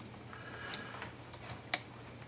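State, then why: Not seated. A stiff plastic part with pegs and a notch is worked by hand onto the chassis of an Axial Yeti XL RC car, giving faint plastic ticks around 0.7 s and 1.0 s and a sharper tick at 1.7 s over a low steady hum. The part has not popped into place yet, and nothing has seated.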